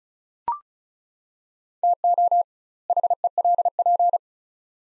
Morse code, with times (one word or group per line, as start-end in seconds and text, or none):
1.8-2.4 TO
2.9-4.2 HELP